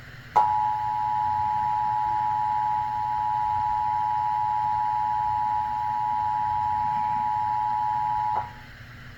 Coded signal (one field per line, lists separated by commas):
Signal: Emergency Alert System (SAME) tones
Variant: 853 and 960 Hz attention tone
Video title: Emergency Alert System - Required Monthly Test For San Francisco Bay Area (6/10/25)